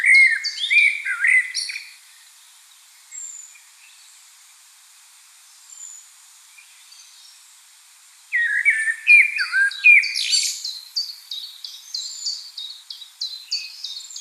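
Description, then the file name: Common blackbird song: a short fluted warble, several seconds of quiet, then a longer warbling phrase with squeaky high endings, while another bird repeats high chirps. "Turdus merula"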